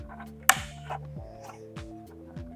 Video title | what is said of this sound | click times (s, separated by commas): Pioneer DMH-WT3800NEX - Install | there we go now we got our pocket locked into place | 0.5 s